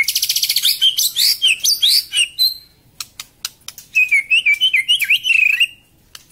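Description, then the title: White-rumped shama song: high rapid trill opening into fluty slurred whistles, a short pause with clicks, then a wavering whistled phrase. Medan-type bird, on a training recording used to teach cage birds to sing. "Suara murai batu medan super"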